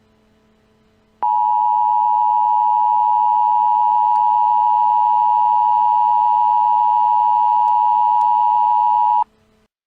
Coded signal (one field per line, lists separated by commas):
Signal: Emergency Alert System (SAME) tones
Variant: 853 and 960 Hz attention tone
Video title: EAS Scenario: Possessed